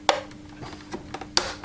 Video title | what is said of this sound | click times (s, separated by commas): Electrolux Ultra Active Motor Repair(1/2) | and it's just a gradual lift. You should hear it pop. | 0.1 s, 1.4 s